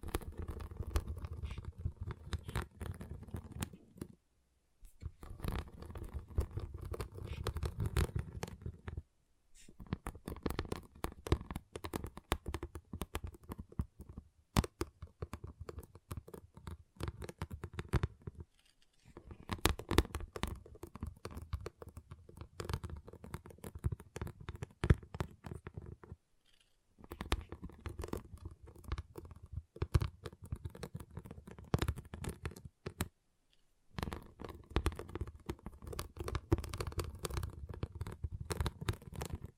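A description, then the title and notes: Pixel art beads rattle and clatter in dense bursts of tiny clicks, like handfuls being stirred or poured. The rustling comes in stretches of several seconds, broken by short pauses of near silence around 4, 9, 19, 26 and 33 seconds. ASMR Relaxing Pixel Art Beads ( No Talking).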